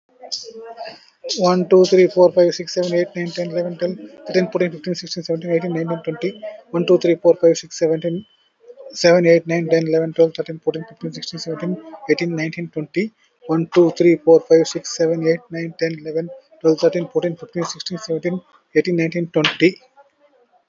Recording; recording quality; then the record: counting at a fast pace; moderate, slight background noise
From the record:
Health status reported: COVID-19 positive, moderate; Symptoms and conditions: breathing difficulty, fever, loss of smell and taste, hypertension, diabetes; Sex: male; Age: 57 years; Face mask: worn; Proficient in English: yes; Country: India